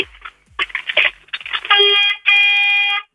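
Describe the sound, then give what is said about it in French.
The horn of a milk-collection truck working its round of farms honks in two long, loud, blaring blasts with a rich, brassy tone, preceded by a series of short, choppy bursts of sound. “Est-ce que tu peux nous faire un coup de klaxon”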